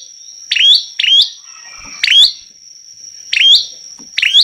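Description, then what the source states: Prinia calling with bright, clipped chirps in pairs and singles, against a constant thin high tone. Vigorously singing ('gacor') prinia, recorded as a tutor track ('masteran') for training songbirds.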